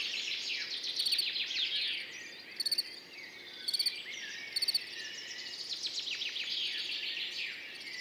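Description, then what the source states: Field cricket song, short chirps of three or four rapid pulses repeated irregularly, over a dense chorus of twittering and whistling birds. Morning after a mild night, 10 June 2019, Montagne du Puy, among orchids; Nagra Seven recorder, MKH40 microphones, stereo; birds waking and insects warming up in background.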